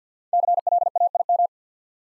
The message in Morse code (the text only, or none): CLAIM